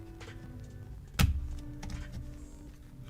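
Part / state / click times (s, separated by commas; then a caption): plastic shell halves of a handheld game console / seated / 1.2 s. The plastic halves of a Game Boy Advance SP shell are pressed back together during reassembly, with faint music underneath. A sharp snap lands at 1.2 s, followed by a few softer clicks and handling noise around 1.8–1.9 s. The shell is seated, with everything locked into place and clear of the buttons.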